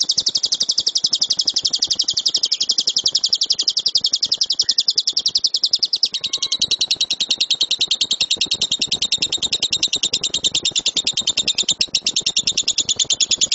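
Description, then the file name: Lovebird song: continuous dense, buzzy high chattering trill without pause, slightly changing rhythm midway. Lovebird named Dora, owned by JNJ. "lovebird dora milik jnj"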